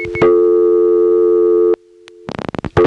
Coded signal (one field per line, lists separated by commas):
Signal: telephone call progress tone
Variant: North America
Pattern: dial tone